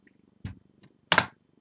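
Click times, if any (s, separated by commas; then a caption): 1.1 s. A plastic LEGO sub-assembly of the Legends of Chima Lion CHI Temple is pressed onto the temple's main structure and clipped in. A faint tick, a dull low thump around 0.45 s and a soft knock near 0.85 s come before a sharp, loud click at 1.1 s, with a second snap just after. The sub-assembly is confirmed clipped properly and seated.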